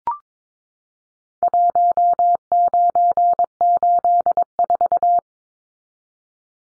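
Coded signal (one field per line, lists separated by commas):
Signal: Morse code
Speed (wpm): 22 wpm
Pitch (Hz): 700 Hz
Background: none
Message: 1984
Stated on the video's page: Contest-style four-digit serial numbers at 22wpm for head-copy drill, leading zeros sent as cut T.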